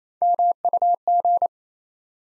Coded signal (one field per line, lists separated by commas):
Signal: Morse code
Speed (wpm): 27 wpm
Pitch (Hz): 700 Hz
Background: none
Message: MUG